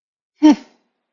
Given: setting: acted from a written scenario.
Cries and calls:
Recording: vocal sound without words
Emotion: amusement

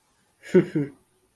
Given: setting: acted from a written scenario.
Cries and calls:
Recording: vocal sound without words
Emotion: pride

